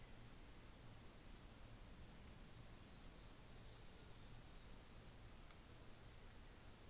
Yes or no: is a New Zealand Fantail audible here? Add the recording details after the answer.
no. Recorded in New Zealand on 24 December 2018. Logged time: 13:40